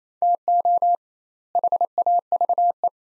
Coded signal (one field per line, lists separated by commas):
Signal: Morse code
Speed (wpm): 27 wpm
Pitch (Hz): 700 Hz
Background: none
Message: TO HAVE